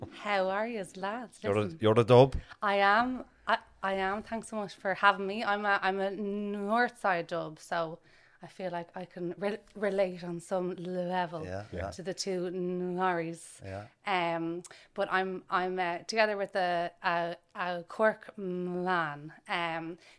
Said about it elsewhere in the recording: She is a person who stammers. I'm 34.